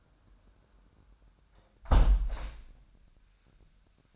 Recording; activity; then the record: daily activity, microphone in the room; close window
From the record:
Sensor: 2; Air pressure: 998.4 hPa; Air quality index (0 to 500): 146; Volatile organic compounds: 4 ppm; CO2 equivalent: 1655 ppm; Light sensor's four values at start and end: 9/21/9/10 and 8/20/8/9